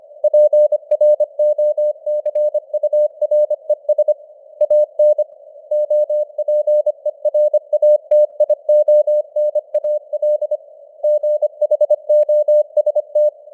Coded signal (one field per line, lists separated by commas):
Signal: Morse code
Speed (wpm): 25 wpm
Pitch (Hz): 600 Hz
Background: none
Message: PROCURES AN OPERATIONAL GHOST